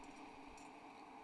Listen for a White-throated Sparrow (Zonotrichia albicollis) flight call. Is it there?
no